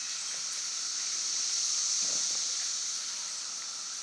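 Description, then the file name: Cicada chorus of dense, high, sizzling buzz, steady throughout with a gentle swell near the middle. Several cicadas recorded at Broken Rock Falls on 11 June 2016 at 5:12 pm. "Cicadas at Broken Rock Falls 2016-06-11 512 pm"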